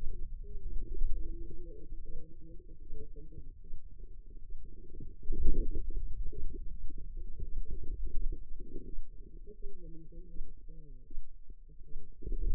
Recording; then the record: forearm muscle sounds (acoustic myography)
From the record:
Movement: hand opening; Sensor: system 2, bracelet of six BSWA MPA416 microphones around the upper forearm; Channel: 2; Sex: female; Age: 25 years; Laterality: right